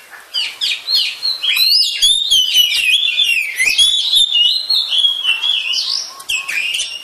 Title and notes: suara kacer. kumpulan suara burung kacer